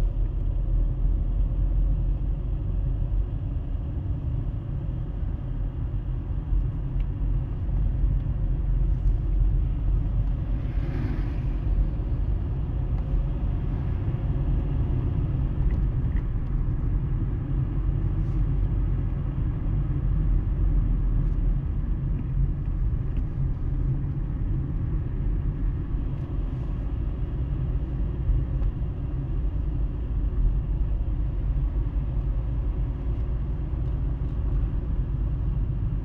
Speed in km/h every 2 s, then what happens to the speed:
20, 22, 22, 21, 22, 26, 31, 33, 33, 34, 30, 26, 31, 28, 26, 25, 25, 23.
0-9 steady at about 22. 9-14 speeds up to 33. 14-36 slows to 23.